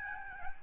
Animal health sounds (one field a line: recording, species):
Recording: mosquito wingbeat signal from an infrared sensor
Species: Aedes albopictus